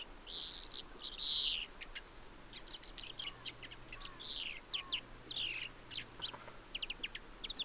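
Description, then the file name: European greenfinch calls, several buzzy drawn-out notes among quick high chirps and short twitters, with a faint low hum underneath. "Chloris chloris"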